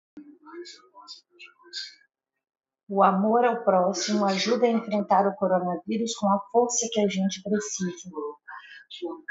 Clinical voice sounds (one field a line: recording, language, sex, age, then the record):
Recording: spoken sentence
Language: Brazilian Portuguese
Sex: female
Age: 40 to 49 years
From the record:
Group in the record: control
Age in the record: 43 years